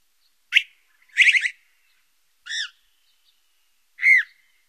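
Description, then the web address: Brown-crested flycatcher calls: a short sharp note, a buzzy rolling burst, then two further short burry notes spaced well apart. "Songs of Birds of North America Stokes. Brown-crested Flycatcher"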